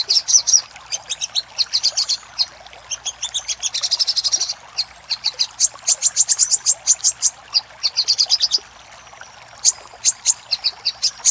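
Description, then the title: Little spiderhunter song: rapid runs of high, sharp chipping notes, with pauses between bursts. Master song for training cage birds. "Sogok Ontong Labaik"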